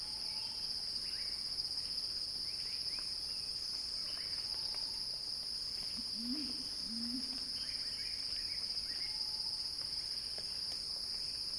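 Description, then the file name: Cicadas droning in a constant piercing buzz, with a brief low warble midway. Cicada song building in a crescendo, recorded by Axel Drioli for Earth.fm. "earth-fm Axel-Drioli Cicada-Crescendo-Sounding-Wild"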